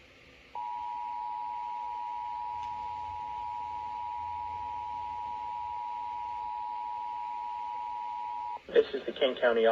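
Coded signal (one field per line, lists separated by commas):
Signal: Emergency Alert System (SAME) tones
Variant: 853 and 960 Hz attention tone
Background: speech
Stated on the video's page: Required Monthly Test for the Seattle / Central Puget Sound area.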